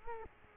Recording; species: mosquito wingbeat signal from an infrared sensor; Culex quinquefasciatus